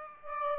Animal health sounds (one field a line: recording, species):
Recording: mosquito wingbeat signal from an infrared sensor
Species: Aedes aegypti